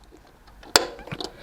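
A flipped fuel line quick-connect fitting is set back down onto the fuel rail and pressed onto its clips. A sharp, loud click at 0.8 s is followed by a second, softer click at 1.2 s over quiet background. The fitting clicks home and is seated.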